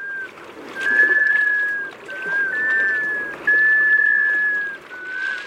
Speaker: That's the call of a male sea duck, a black scoter.